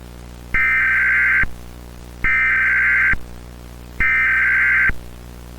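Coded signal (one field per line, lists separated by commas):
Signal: Emergency Alert System (SAME) tones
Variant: header bursts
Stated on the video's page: Mock alert for incoming space junk, simulated and not real, with VHS noise in the background.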